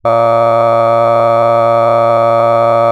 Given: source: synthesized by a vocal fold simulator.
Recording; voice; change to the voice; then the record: sustained vowel; male; cycle-to-cycle stiffness perturbation (roughness), level 5 of 10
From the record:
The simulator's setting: 2.75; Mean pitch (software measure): 115 Hz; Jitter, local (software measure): 1.46%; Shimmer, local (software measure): 5.8%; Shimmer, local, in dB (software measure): 0.49 dB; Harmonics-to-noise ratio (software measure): 16.0 dB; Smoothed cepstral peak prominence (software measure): 19.7 dB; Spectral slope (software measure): -17.1 dB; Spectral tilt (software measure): -11.6 dB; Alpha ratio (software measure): -7.6 dB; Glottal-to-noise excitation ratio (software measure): 0.994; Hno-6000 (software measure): 2.4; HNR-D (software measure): 23.0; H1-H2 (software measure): 4.9 dB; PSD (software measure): 1.0e-04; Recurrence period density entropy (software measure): 0.107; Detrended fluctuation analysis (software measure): 0.0544